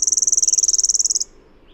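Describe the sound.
Bird trilling: a high, rattling series of rapid pulses already underway, ending abruptly after about a second, then quiet.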